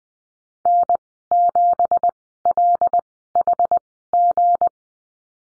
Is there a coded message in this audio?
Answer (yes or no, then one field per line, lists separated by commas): yes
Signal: Morse code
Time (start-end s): 0.7-4.7 s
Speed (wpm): 19 wpm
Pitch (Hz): 700 Hz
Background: none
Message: N7LHG